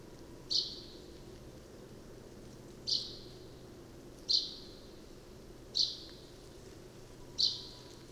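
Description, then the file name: Common chaffinch giving short, sharp single call notes, five in eight seconds, over a low steady background hum. "Fringilla coelebs"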